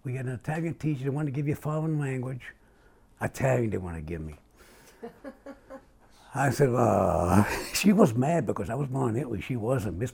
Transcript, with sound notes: We had an Italian teacher that wanted to give you foreign language, Italian they wanted to give me. [laughs] I said, well…. [laughs] She was mad because I was born in Italy, she wasn't.